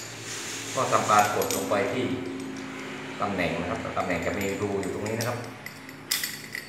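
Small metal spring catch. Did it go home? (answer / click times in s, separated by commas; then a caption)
released / 6.1 s. A small tool supplied with the set is pressed down into the hole on the inside of a door knob to release the knob's retaining catch on the spindle, while someone talks. The catch clicks open with a sharp snap at 6.1 s, releasing it so the knob can be pulled straight off.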